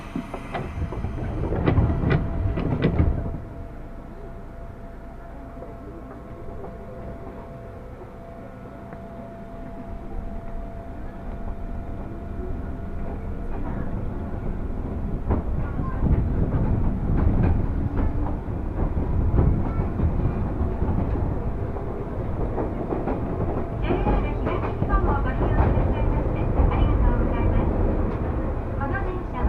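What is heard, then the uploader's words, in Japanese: A railway journey on a commuter line, with the steady low rumble of a moving train throughout. A loud burst of clattering opens the clip, the sound eases around five to ten seconds, then rises again with rattling wheel noise and faint voices. 耳で楽しむ鉄道旅 南武線・南武支線・鶴見線。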